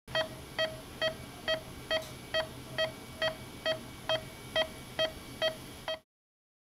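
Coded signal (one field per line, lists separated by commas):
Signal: none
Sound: heart monitor beeps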